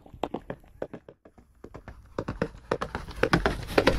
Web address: animals horse horse running